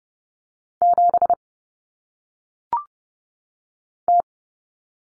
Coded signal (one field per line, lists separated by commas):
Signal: Morse code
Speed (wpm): 30 wpm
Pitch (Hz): 700 Hz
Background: none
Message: 7 T